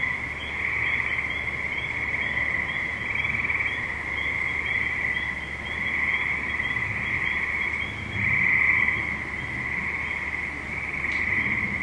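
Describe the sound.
Frogs calling in a dense chorus, a continuous high trilling at steady pitch that swells and fades in waves, with a low rumble below.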